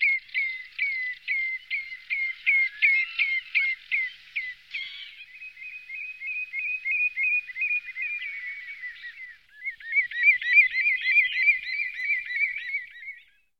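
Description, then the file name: Common redshank: wader calls: a rapid train of clipped piping notes, then a softer fast trill-like series, then after a brief pause more excited overlapping piping. "tringa totanus"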